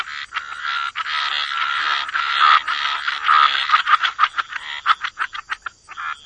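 Frog chorus, a continuous croaking wash breaking into rapid separate clicking croaks near the end.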